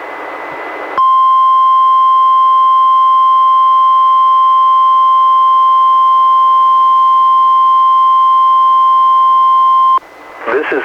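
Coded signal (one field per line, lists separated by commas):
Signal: Emergency Alert System (SAME) tones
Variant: 1050 Hz attention tone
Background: speech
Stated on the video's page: NOAA Weather Radio Required Weekly Test relayed by an Astoria transmitter, recorded from a Reecom R-1630 weather radio through a Zoom H1 recorder.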